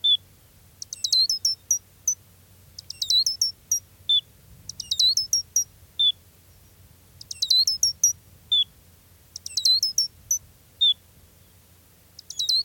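Gray's lark calls: rhythmic bursts of quick, very high chirps roughly every two seconds, separated by single lower whistles, with a soft low hum beneath.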